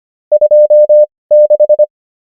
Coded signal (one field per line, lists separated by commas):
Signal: Morse code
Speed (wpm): 25 wpm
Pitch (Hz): 600 Hz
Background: none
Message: 26